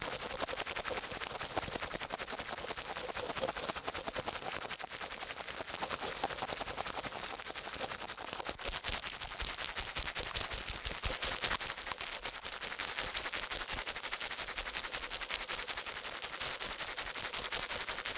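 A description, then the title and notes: Fast, strong ear cleaning heard as a dense, steady stream of bright crackling and scratchy clicks, unbroken for the whole clip. ASMR Strong Fast Ear Cleaning Collection (No Talking).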